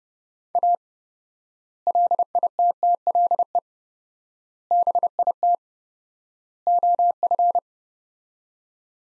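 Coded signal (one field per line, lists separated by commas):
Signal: Morse code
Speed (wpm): 32 wpm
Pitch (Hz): 700 Hz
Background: none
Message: A LITTLE BIT OF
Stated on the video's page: 30 wpm Morse practice of four-word sets with 4x word spacing, a Farnsworth-like drill for head-copying phrases, each set followed by speech.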